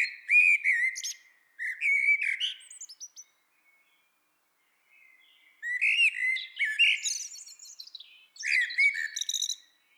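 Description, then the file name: Eurasian blackbird singing repeated warbled phrases, low fluty notes topped by high squeaks, with a quiet faint twitter between phrases. "Turdus merula"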